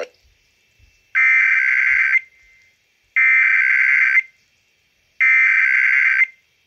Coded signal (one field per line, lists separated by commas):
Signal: Emergency Alert System (SAME) tones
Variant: header bursts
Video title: 2021 National Periodic Test (EAS #11)